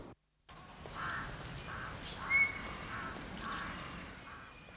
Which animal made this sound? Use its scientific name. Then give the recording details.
Tapirus terrestris. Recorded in captivity. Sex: male. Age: adult. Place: Zoo Berlin, Berlin, DE. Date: 1988-11-12 13:35. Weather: overcast, ca. 10°C. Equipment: Sony WM-D6C, Kopie 19 cm. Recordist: Tembrock, Günter. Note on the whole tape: Männchen: Pfiffe